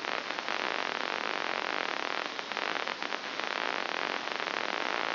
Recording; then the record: brain microelectrode recording played as sound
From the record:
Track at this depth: inside the subthalamic nucleus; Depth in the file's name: 3.167 mm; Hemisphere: left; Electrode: 2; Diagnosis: Parkinson's disease